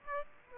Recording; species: mosquito wingbeat signal from an infrared sensor; Aedes aegypti